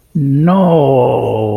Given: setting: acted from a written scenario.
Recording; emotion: vocal sound without words; negative surprise